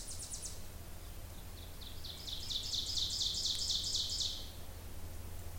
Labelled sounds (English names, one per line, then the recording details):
Ovenbird song
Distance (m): 50 m
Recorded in boreal forest in Alberta, Canada, on 26 May 2016 at 07:05
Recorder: SongMeter 3, array SBT-3-15
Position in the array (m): 40 m, 273 m
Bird 20